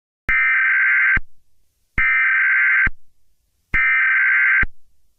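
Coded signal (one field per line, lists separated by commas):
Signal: Emergency Alert System (SAME) tones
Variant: header bursts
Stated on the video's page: Fictional EAS scenario, not a real alert.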